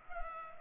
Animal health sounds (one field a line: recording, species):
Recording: mosquito wingbeat signal from an infrared sensor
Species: Culex pipiens